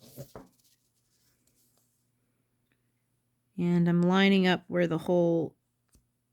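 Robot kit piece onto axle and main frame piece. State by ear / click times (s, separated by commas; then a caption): not seated / none. A plastic/metal robot kit piece is slid onto an axle and lined up with the main frame piece by hand, with soft handling noises in the first second, including a brief tap at 0.4 s. Someone then talks. Nothing has snapped into place yet; the piece is still being lined up.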